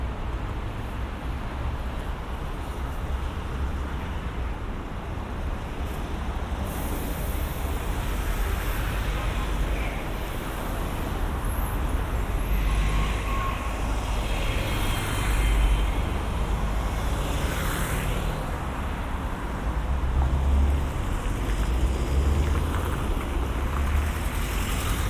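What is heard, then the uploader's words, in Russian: A ride in a car, with a steady, dense rushing noise and a deep rumble running throughout. The sound swells slightly after about six seconds, with heavier low thumps and surges around fifteen and twenty seconds. 3D прогулка по Сочи.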